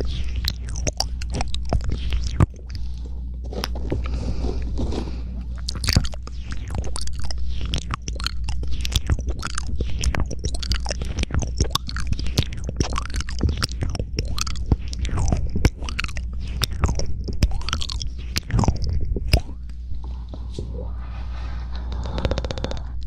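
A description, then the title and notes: Soft mouth sounds: dense, irregular wet clicks and smacks over a low steady hum, with brief whispery breaths and a quieter stretch near twenty seconds. Soft Mouth Sounds For Sleep.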